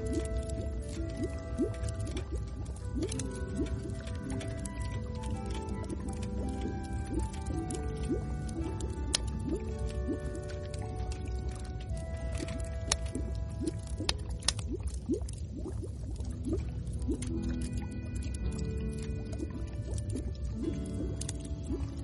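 A fire crackles while bubbles pop continuously, a thick, steady bed of low rumbling under busy little gurgles and rising blips. Sharp snaps and clicks come through irregularly for the full length, and the overall loudness barely changes.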